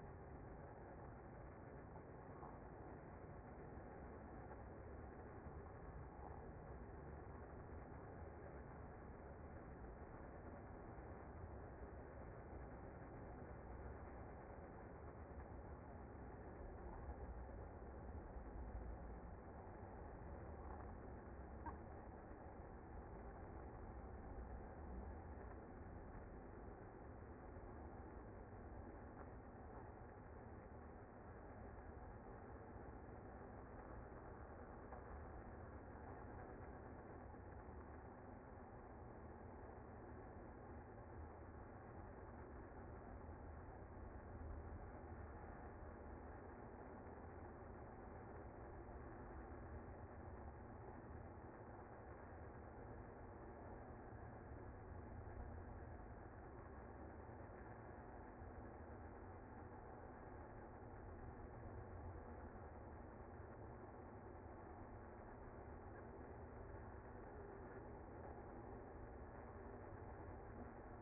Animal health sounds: honeybee colony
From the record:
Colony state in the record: active

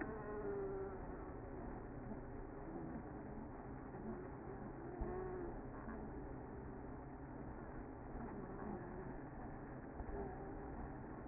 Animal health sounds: honeybee colony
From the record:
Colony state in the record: active

